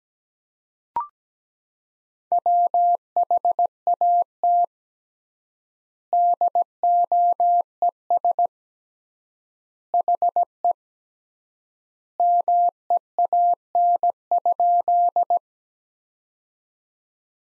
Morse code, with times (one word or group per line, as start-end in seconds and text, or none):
2.3-4.6 WHAT
6.1-8.5 DOES
9.9-10.7 HE
12.2-15.4 MEAN?